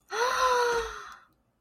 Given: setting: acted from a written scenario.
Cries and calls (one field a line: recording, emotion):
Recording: vocal sound without words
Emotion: positive surprise